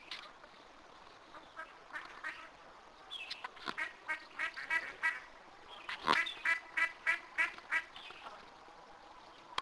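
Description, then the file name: Duck quacking in a rhythmic series of many harsh, nasal quacks after a quieter start. "canard"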